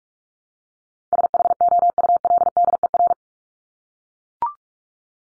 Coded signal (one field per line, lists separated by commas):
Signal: Morse code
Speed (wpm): 44 wpm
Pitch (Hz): 700 Hz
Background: none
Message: SHOULDER